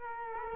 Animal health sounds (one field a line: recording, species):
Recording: mosquito wingbeat signal from an infrared sensor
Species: Culex quinquefasciatus